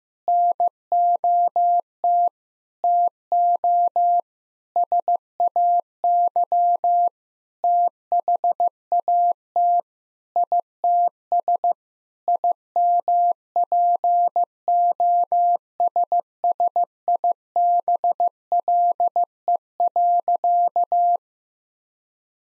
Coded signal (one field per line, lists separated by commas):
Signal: Morse code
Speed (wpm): 15 wpm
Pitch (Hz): 700 Hz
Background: none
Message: NOT TO SAY THAT ITS IMPOSSIBLE.